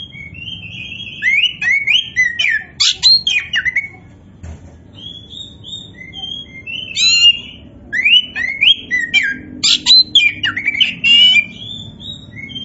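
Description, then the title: Oriental magpie-robin singing a rich mix of sweet whistled slurs, buzzy chatters and sharp clicks, delivered in rapid bursts separated by short gaps. Poci form of the bird, described as gacor, singing vigorously. "Kacer Poci Gacor"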